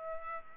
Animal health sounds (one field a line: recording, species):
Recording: mosquito wingbeat signal from an infrared sensor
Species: Culex pipiens